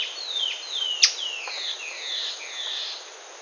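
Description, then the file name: Bird call: a series of soft down-slurred whistles repeating steadily, with one sharp click near the start and a constant hiss behind. "SABIOD bird"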